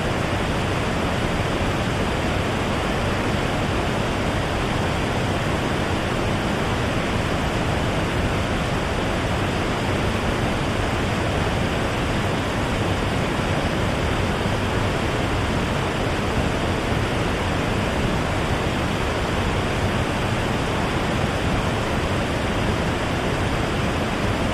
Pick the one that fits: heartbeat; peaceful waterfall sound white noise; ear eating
peaceful waterfall sound white noise